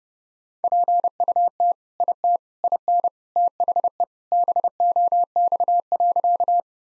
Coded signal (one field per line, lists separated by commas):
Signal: Morse code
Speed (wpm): 31 wpm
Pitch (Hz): 700 Hz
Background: none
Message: PUT IT IN THE BOX.